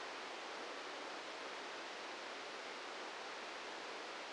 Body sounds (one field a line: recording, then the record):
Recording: brain microelectrode recording played as sound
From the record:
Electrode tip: outside the subthalamic nucleus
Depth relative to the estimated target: 0 mm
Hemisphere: left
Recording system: NeuroSet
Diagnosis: Parkinson's disease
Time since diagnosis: 8 years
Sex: male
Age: 58 years